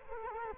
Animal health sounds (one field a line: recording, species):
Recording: mosquito wingbeat signal from an infrared sensor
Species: Culex quinquefasciatus